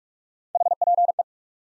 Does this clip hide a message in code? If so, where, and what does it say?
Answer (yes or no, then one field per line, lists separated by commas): yes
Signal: Morse code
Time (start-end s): 0.6-1.2 s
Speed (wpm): 44 wpm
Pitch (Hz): 700 Hz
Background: none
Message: HPE